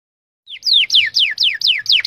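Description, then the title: Bird song: a rapid series of bright, whistled notes, each sliding sharply downward, repeated about four times a second after a short rising first note. Training recording (masteran). "MASTERAN BURUNG 2"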